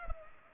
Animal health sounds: mosquito wingbeat signal from an infrared sensor; Culex pipiens

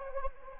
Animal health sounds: mosquito wingbeat signal from an infrared sensor; Anopheles gambiae

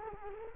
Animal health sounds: mosquito wingbeat signal from an infrared sensor; Culex quinquefasciatus

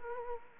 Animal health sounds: mosquito wingbeat signal from an infrared sensor; Culex quinquefasciatus

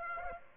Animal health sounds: mosquito wingbeat signal from an infrared sensor; Aedes aegypti

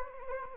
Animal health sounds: mosquito wingbeat signal from an infrared sensor; Anopheles arabiensis

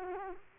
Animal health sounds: mosquito wingbeat signal from an infrared sensor; Culex quinquefasciatus

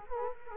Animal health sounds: mosquito wingbeat signal from an infrared sensor; Culex quinquefasciatus

